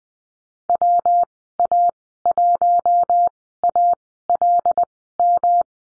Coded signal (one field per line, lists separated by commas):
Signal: Morse code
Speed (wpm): 20 wpm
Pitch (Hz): 700 Hz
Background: none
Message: WA1ALM